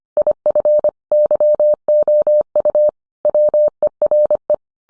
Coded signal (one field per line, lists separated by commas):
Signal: Morse code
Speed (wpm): 25 wpm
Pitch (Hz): 600 Hz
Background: none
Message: IF YOU WERE